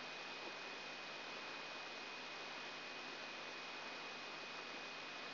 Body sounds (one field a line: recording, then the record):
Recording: brain microelectrode recording played as sound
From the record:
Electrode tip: outside the subthalamic nucleus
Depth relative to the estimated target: -1 mm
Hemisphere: right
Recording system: AlphaMap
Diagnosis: Parkinson's disease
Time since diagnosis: 9 years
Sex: male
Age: 53 years